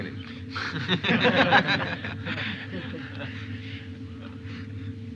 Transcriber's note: laughter